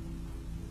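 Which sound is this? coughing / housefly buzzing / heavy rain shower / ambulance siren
heavy rain shower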